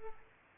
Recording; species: mosquito wingbeat signal from an infrared sensor; Aedes aegypti